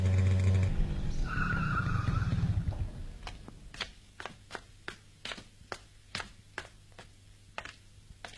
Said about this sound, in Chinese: 在深夜寂静的街上，一辆摩托车飞速地穿过大街小巷